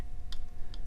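On a 1997 Yamaha Virago XV1100, a metal fork seal retaining clip above the fork seal is pushed down into its groove in the motorcycle fork leg with a small pry tool. A sharp click is heard at 0.3 s, followed by a fainter tick near 0.7 s, over a low steady hum. The clip is seated in its groove all the way around.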